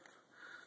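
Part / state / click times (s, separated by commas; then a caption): oil separator hose quick-connect onto engine crankcase vent fitting / seated / 0.1 s. On a 2011 Mustang GT/CS, a JLT oil separator's PCV hose quick-connect is pushed down over the stock engine crankcase vent fitting, where it separates oil out of crankcase pressure headed toward the intake. A short, sharp click sounds at 0.1 s over a faint hiss, and the quick-connect is seated on the fitting.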